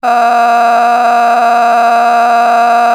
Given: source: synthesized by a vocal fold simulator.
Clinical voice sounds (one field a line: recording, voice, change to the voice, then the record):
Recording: sustained vowel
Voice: female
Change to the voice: a random mix of aspiration noise, stiffness perturbation and strain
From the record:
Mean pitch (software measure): 236 Hz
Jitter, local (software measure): 1.81%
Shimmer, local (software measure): 10.6%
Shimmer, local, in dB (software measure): 0.94 dB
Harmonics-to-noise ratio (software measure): 13.9 dB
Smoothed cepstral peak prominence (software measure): 14.3 dB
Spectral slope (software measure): -17.9 dB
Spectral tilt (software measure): -9.5 dB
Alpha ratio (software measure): -8.4 dB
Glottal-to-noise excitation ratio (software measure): 0.926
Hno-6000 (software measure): 1.9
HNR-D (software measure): 32.1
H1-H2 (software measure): -4.5 dB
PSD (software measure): 9.2e-05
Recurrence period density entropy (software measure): 0.117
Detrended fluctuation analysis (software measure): 0.0113